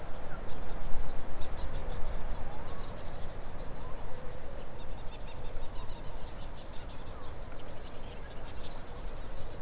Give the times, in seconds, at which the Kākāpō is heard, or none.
none